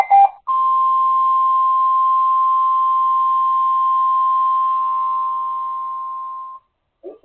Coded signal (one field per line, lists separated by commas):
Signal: Emergency Alert System (SAME) tones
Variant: 1050 Hz attention tone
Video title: HIGH WIND WARNING on KJY62! (EAS #106)